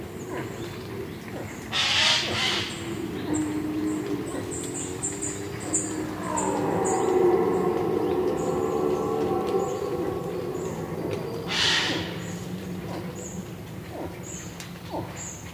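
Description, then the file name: Eurasian jay giving two hoarse, noisy screeches about ten seconds apart, amid faint high chirps and a steady low hum. "Garrulus glandarius"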